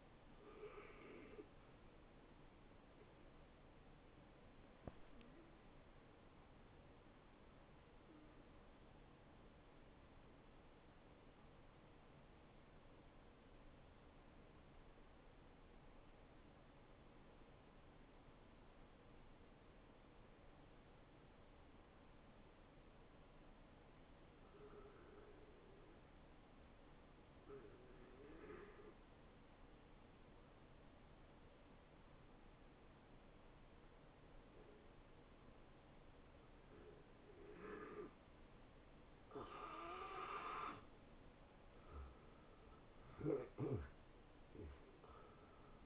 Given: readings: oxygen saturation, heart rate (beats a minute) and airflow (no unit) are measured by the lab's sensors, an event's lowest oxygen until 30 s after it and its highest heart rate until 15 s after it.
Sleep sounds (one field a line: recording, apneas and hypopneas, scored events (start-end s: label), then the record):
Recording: breathing in sleep by a voice recorder at the bedside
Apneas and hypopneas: 1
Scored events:
4.00-41.40 s: hypopnea (N2, oxygen 92% highest, then 80% lowest, heart rate 75 at the start, 80 highest)
11.00-45.86 s: new sleep stage, N1 (lightest sleep)
From the record:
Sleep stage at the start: N2 (light sleep)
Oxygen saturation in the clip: 80 to 92%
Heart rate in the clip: 65 to 76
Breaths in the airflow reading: 10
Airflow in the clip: -8.5 to 10.2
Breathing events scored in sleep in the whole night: 263 in 5.5 hours asleep